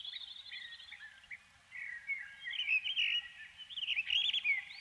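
Canary singing soft, high twittering and slurred whistles that swell louder toward the end after a short lull.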